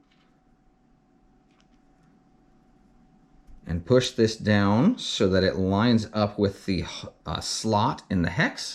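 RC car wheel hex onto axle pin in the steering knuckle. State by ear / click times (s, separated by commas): not seated / none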